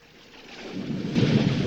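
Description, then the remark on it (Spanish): A steady wash of rain noise swells in loudness, with a deep rolling rumble of thunder building underneath toward the end. No voices. “¿Sabés cómo le viene esta lluvia al campo?”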